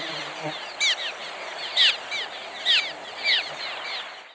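Cliff swallow calls: short downslurred squeaky notes, a few louder ones about once a second over a steady hiss and soft background chatter.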